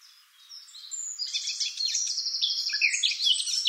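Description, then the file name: Eurasian blackcap song: soft chattering that swells into a quick run of repeated high notes and then breaks into jumbled, squeaky warbling. "Sylvia atricapilla"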